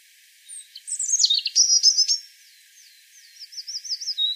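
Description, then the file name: European robin giving a fast twittering phrase, then a softer wavering series of high undulating notes. "Erithacus rubecula"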